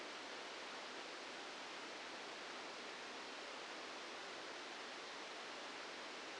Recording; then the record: brain microelectrode recording played as sound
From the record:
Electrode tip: inside the subthalamic nucleus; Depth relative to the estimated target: -2 mm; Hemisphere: left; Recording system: NeuroSet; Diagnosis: Parkinson's disease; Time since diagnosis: 8 years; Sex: male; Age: 59 years